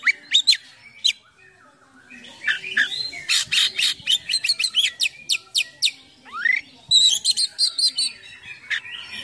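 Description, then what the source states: Oriental magpie-robin singing a varied, rapid medley of high chirps, buzzy bursts and sweeping whistled notes, with short pauses between bursts. Kacer in full 'gacor' song with 'full isian mewah' imitations.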